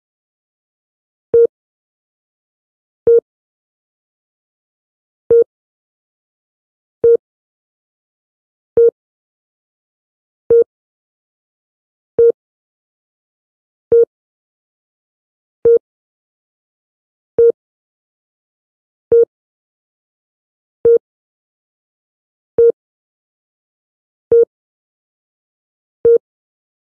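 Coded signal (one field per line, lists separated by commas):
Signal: none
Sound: spaceship sonar sound effect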